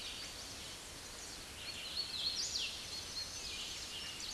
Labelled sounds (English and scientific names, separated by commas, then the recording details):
Hooded Warbler (Setophaga citrina) song
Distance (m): 30 m
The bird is about 5 m above the microphone
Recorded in a Pennsylvania forest on 16 May 2024 at 06:32
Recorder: AudioMoth, point MSD-2181
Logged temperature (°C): 12.8 °C
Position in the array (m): 131 m, 112 m